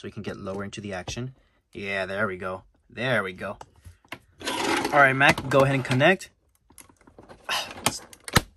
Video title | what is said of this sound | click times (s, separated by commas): 2007 Mack Truck Playset VS 2020 Mack Hauler - Cars 15th Anniversary Special | oh that's a nice click see that's not gonna fall off | 8.4 s